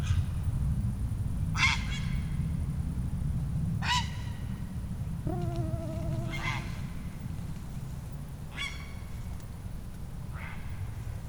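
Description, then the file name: Grey heron: several harsh croaks, with one longer, lower, more tonal call midway, all over a heavy low-pitched background rumble. "Ardea cinerea"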